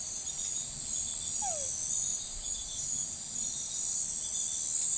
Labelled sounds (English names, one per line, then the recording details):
none
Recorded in forest near Pivijay, Magdalena, Colombia, on 18 April 2023 at 03:00
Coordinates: 10.467, -74.380
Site Z5-G034